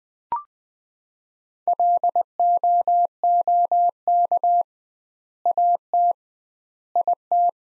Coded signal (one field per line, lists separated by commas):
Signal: Morse code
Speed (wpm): 21 wpm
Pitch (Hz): 700 Hz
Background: none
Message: LOOK AT IT